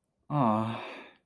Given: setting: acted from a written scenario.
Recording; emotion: vocal sound without words; disappointment